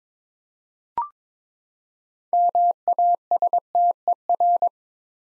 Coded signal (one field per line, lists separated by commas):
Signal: Morse code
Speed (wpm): 22 wpm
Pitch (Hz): 700 Hz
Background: none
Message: MASTER